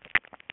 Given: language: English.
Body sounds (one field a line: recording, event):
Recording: throat vibration sensor signal played as sound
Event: swallow